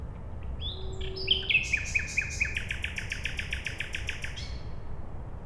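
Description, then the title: Common nightingale song: a few introductory notes, then a fast series of sharp repeated notes lasting about three seconds, over low rumble. At night beside a road in Siemianowice Śląskie, Poland, on Monday 20 May 2019, using a Zoom H5 recorder and Audio-Technica BP4025 microphone. "Bohaterów Westerplatte, 41-106 Siemianowice Śląskie, Polska - Nightingale"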